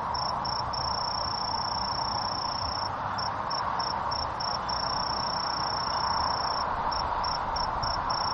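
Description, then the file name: Sword-tail cricket with a continuous high-pitched trill alternating with runs of brief clipped pulses, set over a steady rushing background noise. Recorded on 16 June 2014. "20140616 A-kinhibari"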